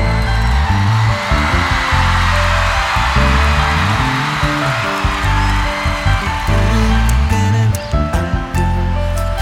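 Loud, sustained applause from an audience, a dense steady clatter of clapping, over music with deep bass notes playing throughout.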